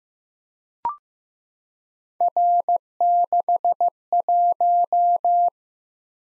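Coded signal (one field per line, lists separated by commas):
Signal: Morse code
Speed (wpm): 15 wpm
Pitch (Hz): 700 Hz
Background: none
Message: R61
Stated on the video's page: Morse practice of random three-character letter and number groups at 15 wpm, for head copy.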